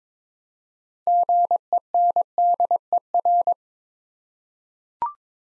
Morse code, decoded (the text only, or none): GENDER